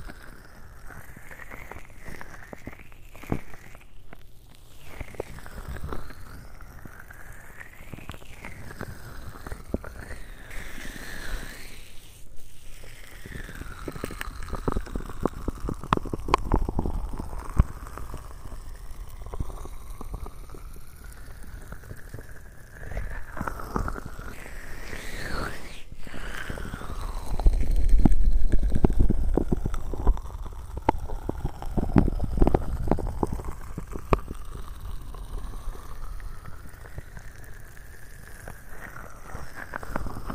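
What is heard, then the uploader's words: Lotion is rubbed over the ears in a constant wet, squishy massage full of tiny crackles and pops, with hollow whooshing tones sweeping up and down as the hands move. Brief muffled pauses come near 4, 12 and 26 seconds, and a heavier, thumpier stretch follows around 27–33 seconds. ASMR 3Dio Lotion Ear Massage.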